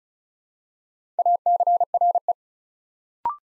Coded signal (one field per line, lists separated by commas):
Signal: Morse code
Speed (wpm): 36 wpm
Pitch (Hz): 700 Hz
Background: none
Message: ACRE